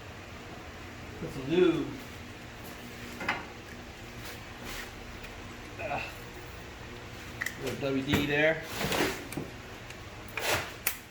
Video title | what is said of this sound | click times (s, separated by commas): BMW N51 EAC Radiator Replacement Step-by-Step - Save Hundreds on Repairs! (Part 1) | When you hear that snap, it's all good. | 10.9 s